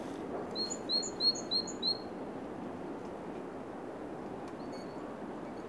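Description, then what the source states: Bird calling: a quick run of five high, thin chirps, then a pause and a faint further note. Recorded at Oostduinen.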